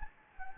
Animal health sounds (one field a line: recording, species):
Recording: mosquito wingbeat signal from an infrared sensor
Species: Anopheles gambiae